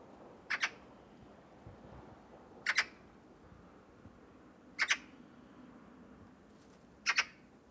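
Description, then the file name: Eurasian magpie calling with short, harsh, double-pulsed rasps, repeated about every two seconds, four calls in all, against quiet background hiss. "Pica pica"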